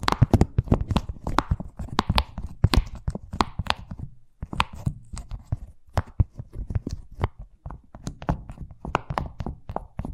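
Fast tapping runs in quick, slightly irregular bursts of sharp clicks, several per second, each with a crisp bright edge over a dull low thud. The rhythm pauses briefly just after four seconds, then resumes at a similar rapid pace until the end.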